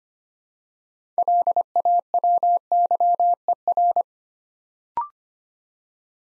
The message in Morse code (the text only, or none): LAWYER